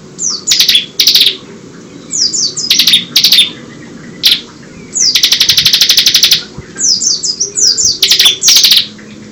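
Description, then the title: Bird song, loud high buzzy trills and rapid downslurred whistles in bursts, including a long even rattle near the middle, over a quiet background. "SuaraBurung Kicau"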